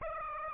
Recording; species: mosquito wingbeat signal from an infrared sensor; Aedes aegypti